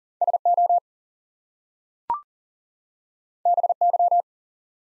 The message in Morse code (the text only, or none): SO BY